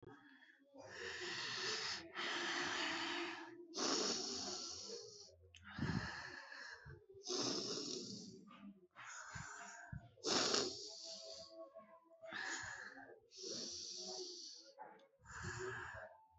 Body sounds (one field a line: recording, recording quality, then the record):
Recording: deep breathing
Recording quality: excellent, no background noise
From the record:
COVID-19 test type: RT-PCR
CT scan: not taken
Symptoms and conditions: cough, cold, breathing difficulty, sore throat, fever, fatigue, muscle pain, loss of smell and taste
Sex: female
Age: 22 years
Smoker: no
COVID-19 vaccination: both doses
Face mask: not worn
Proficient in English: yes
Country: India